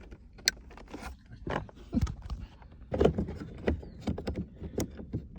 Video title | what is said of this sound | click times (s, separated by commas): 2017 2018 2019 Hyundai Genesis G90 center console replacement/ removal | you want to hear a click | 0.5 s